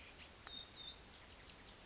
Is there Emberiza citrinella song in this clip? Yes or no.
no